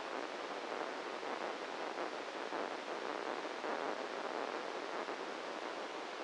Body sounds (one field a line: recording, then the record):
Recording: brain microelectrode recording played as sound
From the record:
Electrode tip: inside the subthalamic nucleus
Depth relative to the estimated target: -1 mm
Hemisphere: right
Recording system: NeuroSet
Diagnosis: Parkinson's disease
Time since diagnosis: 7 years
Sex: male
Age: 44 years